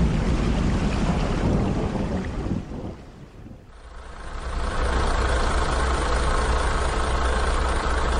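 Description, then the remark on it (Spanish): A truck engine idles with a steady low rumble beneath the loud, continuous hiss of heavy rain falling in cold weather, the noise easing briefly midway before returning at full strength. No one speaks. “A ver si llega Begoña ya con el camión”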